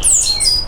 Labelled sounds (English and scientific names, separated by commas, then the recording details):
Stitchbird (Notiomystis cincta) song
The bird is a male
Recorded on Tiritiri Matangi Island, New Zealand, in 2005
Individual 12, of nest box 16